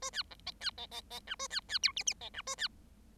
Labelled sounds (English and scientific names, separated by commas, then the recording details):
Bengalese Finch (Lonchura striata domestica) song
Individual Bird7